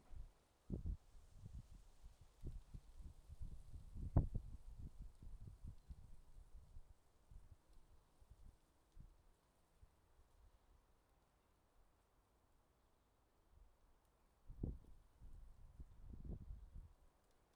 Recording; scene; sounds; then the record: everyday scene through a hearing-aid microphone; wind on the microphone; wind, traffic, birds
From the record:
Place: suburban garden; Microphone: in the ear canal, left